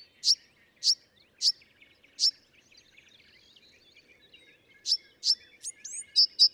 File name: Bewick's Wren